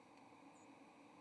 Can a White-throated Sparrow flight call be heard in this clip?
no